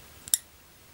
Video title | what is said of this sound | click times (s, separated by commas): How to Setup the Fitbit Alta HR Activity Tracker on an Android Phone | can hear it click into place and once it's in it really is actually very secure and again you can do the same | 0.3 s